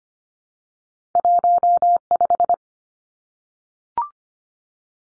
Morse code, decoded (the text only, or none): 15